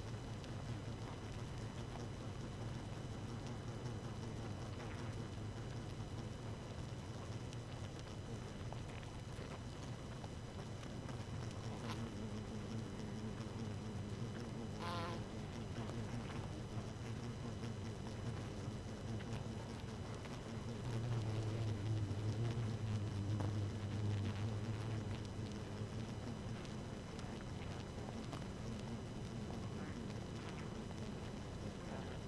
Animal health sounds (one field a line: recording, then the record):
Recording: honeybee colony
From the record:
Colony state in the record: active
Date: 12 June 2018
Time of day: 0:30